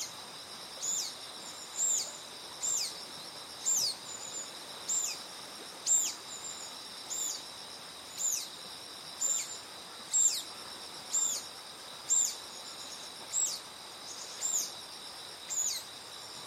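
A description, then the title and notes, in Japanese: Flowing river water hisses steadily beneath a bird's high, bright call repeated about every second, with a thin insect drone throughout. 早朝、多摩川の森へ 小さい秋を探しに。朝方、だいぶ気温が下がって涼しくなり、季節の移り変わりを感じる今日このごろ。多摩川の森の音も、だんだんと変わってきました。川の流れ、鳥や虫の歌声。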